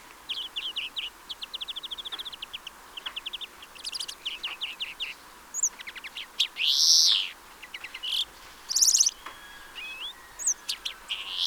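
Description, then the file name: European greenfinch trilling in rapid runs of notes, broken by buzzy wheezes and scattered sharp chirps. "Chloris chloris"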